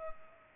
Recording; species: mosquito wingbeat signal from an infrared sensor; Culex pipiens